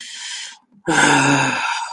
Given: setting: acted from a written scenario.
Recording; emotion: vocal sound without words; negative surprise